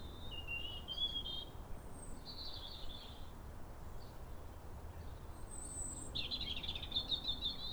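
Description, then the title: European robin song, a few high trilling and warbled phrases separated by pauses, with a constant low background hum. Pair of robins in neighbouring gardens singing a duet at sunrise on New Year in winter, clear calm rosy morning after weeks of rain. "Sound Escape 150: Be uplifted by a chorus of New Year's robins"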